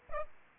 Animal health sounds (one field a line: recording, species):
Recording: mosquito wingbeat signal from an infrared sensor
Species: Aedes aegypti